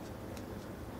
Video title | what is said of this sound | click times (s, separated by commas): LNF REBUILD VIDEO #8 PISTON & CONROD INSTALL Partial | so you just kind of press that in and you'll hear it click into place the important thing is is | 0.4 s